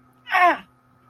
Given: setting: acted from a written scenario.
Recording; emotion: vocal sound without words; pain